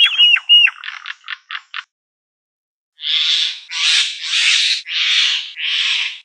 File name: martin triste